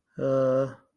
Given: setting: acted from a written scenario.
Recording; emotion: vocal sound without words; confusion